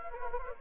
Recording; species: mosquito wingbeat signal from an infrared sensor; Anopheles gambiae